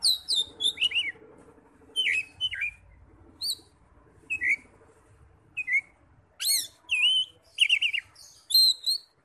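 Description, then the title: Oriental magpie-robin song of rich whistled notes and quick trilled slurs in spaced phrases, with a soft low hum behind. "Kacer"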